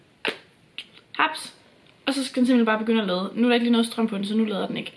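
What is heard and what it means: A magnetic power bank is repositioned on the back of a phone so it holds better and snaps into place with a sharp click at 0.3 s. A second short tap follows at 0.8 s, then someone talks.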